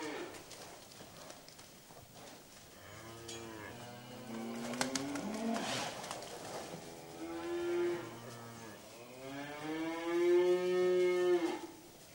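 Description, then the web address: Cattle mooing repeatedly, several long calls with a brief rustle or knock around six seconds and a final sustained moo near eleven seconds. Restless cattle in a shed. "Sound Effects-BBC Cattle"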